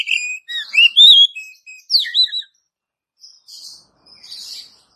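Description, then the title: Oriental magpie-robin song, a burst of varied clear whistles and slurred rising notes, followed after a pause by softer scratchy chatter. "Kacer"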